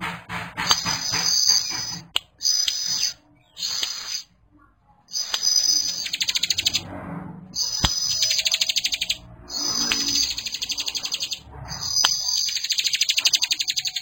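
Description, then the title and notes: Bar-winged prinia giving repeated short bursts of high, buzzy trilled song, several quick phrases in a row with a few sharp clicks between. Bar-winged prinias singing in full, energetic voice, including young birds. "Kicau Ciblek. putri sherin. kumpulan suara burung ciblek gacor dan anakan"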